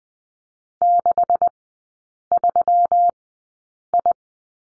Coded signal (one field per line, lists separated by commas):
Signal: Morse code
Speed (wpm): 20 wpm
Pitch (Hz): 700 Hz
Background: none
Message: 63I